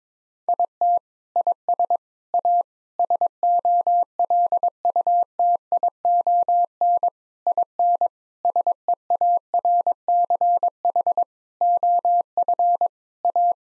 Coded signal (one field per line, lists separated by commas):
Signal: Morse code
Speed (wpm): 22 wpm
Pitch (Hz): 700 Hz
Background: none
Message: IT IS A SOLUTION IN SEARCH OF A